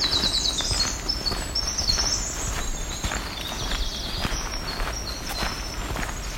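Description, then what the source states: Black-throated green warbler song: thin, high buzzy notes, with footsteps and steady background noise. Morning; the fourth black-throated green warbler heard singing.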